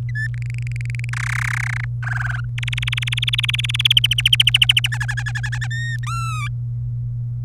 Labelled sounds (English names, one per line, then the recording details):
Domestic Canary song
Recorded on 26 April 2018 at 18:21
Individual llb3